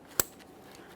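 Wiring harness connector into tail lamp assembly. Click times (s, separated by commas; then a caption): 0.2 s. On a 2013-2020 Ford Fusion, the wiring harness electrical connector is aligned and pressed onto the tail lamp assembly socket, and its plastic locking tab gives one sharp, bright click at 0.2 s, followed only by a much fainter tick near 0.8 s over a quiet background. The connector is seated, and a light tug checks that it is secure.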